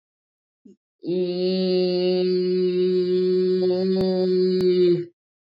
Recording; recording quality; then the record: sustained vowel as in beet; excellent, no background noise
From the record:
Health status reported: COVID-19 positive, moderate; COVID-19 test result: positive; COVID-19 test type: RT-PCR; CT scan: not taken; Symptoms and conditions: cough, fever, fatigue, hypertension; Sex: female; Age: 71 years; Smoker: no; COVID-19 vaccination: both doses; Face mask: worn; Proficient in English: no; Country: India